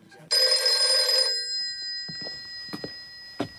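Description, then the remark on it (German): A telephone bell rings at 2 a.m. in one loud, shrill metallic burst lasting about a second, its tones lingering faintly afterward while a few soft knocks and clicks follow. “Es war 2 Uhr nachts und wieder ging das Telefon.”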